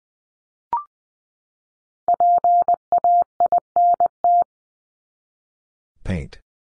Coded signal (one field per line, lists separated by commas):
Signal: Morse code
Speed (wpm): 20 wpm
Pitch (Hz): 700 Hz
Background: none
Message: PAINT